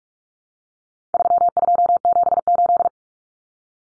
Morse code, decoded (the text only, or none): 3278